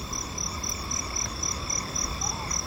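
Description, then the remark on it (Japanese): Frogs croak in a steady chorus, a high-pitched pulsing call repeating about four times a second over a constant hum of night insects, while a Ryukyu scops owl calls in the distance, with no voices. “遠くで琉球コノハズクが鳴いています。カエルたちも鳴いています。”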